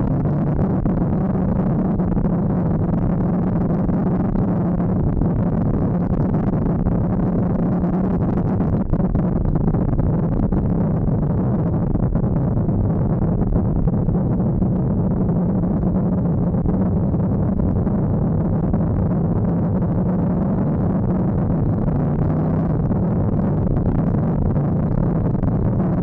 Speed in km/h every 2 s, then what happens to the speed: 55, 52, 54, 55, 48, 37, 27, 27, 34, 36, 45, 57, 51.
0-7 steady at about 54. 7-12 brakes to 27. 12-22 speeds up to 57. 22-26 slows to 51.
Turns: 11-18.